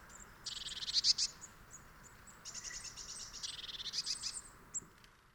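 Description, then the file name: Eurasian blue tit giving dry, buzzy scolding churrs: a rattling burst near the start and a longer one from about the middle, with short high notes between, over faint background hiss. "Cyanistes caeruleus"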